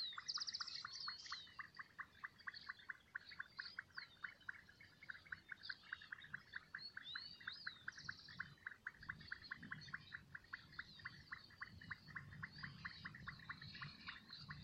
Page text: Nome científico: Leptodactylus gracilis Nome Português: Nome Espanhol: Ranita Rayada Nome em Inglês: Sexo: Ambos Fase da vida: Adulto Data de Registro: 29/11/2018 País: Argentina Província. Departamento: Buenos Aires Localidade ou área protegida: Saladillo Detalhada localização: Álvarez de Toledo